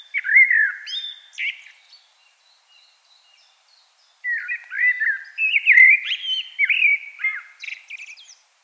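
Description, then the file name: Common blackbird singing a short warbled phrase, then after a pause a longer run of rich fluty whistles and high squeaky twitters. "Turdus merula"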